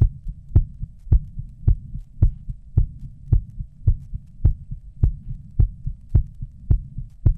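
Steady, deep thumping adult heartbeat at about 107 beats a minute, heard after 20 minutes. Each strong beat is followed by a softer second sound in a regular rhythm. The rate is mildly fast. A low hum sits underneath. This is a sound effect.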